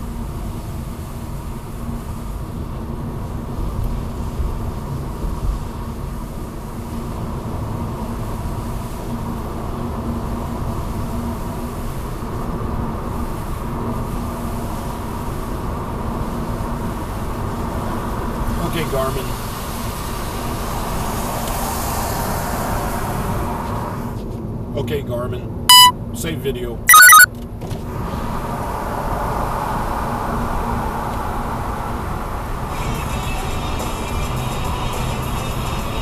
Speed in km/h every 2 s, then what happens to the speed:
44, 47, 50, 55, 58, 63, 64, 64, 66, 68, 68, 68, 66, 66, 68, 69, 71, 72.
0-11 speeds up to 64. 11-26 steady at about 66. 26-36 speeds up to 72.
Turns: none.